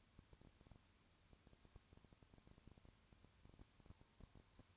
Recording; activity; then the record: daily activity, microphone in the room; no activity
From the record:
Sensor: 2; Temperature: 20.3 degrees Celsius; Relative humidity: 35.6%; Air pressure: 1000.9 hPa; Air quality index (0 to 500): 197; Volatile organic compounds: 5 ppm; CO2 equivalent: 1736 ppm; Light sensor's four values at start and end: 2/3/2/2 and 2/3/2/2